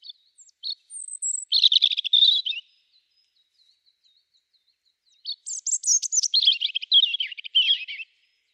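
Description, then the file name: European robin singing two fluty, warbled phrases with sharp high notes and tumbling trills, a clear gap of silence between them and no background noise. "Erithacus rubecula"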